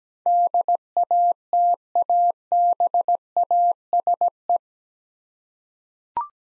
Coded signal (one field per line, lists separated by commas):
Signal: Morse code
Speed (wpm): 17 wpm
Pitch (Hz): 700 Hz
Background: none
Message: DATABASE